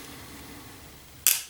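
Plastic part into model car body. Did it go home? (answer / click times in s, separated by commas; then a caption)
yes / 1.3 s. After a long struggle, a plastic part is pushed onto the body of a 1/8 scale Ecto-1 model car. A quiet, steady background gives way at 1.3 seconds to a single sharp, bright click that quickly fades. The part clips in and is seated.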